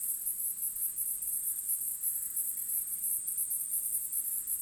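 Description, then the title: Cicada song: a high, pulsing buzz that continues without pause. Field recording made in Australia or Portugal during 2011; some recordings unaltered, others processed. "EMERGING TERRITORIES. Cicadas"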